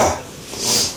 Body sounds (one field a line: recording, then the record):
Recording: coughing mixed with background sound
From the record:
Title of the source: Spring Cold Coughing 2